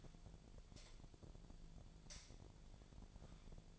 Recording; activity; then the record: daily activity, microphone in the room; light on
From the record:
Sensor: 5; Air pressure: 1009.9 hPa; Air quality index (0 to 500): 158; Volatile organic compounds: 4 ppm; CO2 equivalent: 1542 ppm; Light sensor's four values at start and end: 161/410/171/182 and 162/412/172/183